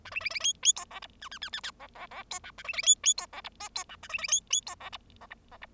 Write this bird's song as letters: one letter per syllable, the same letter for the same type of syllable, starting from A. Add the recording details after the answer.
A B B B C C D E F G G G G G E E E D H A B B C C D E F I D H A B B C C D E F E F E F. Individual Bird0